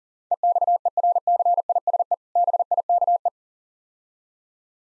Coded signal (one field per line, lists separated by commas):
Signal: Morse code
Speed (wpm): 38 wpm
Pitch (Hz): 700 Hz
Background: none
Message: EXERCISE BIKE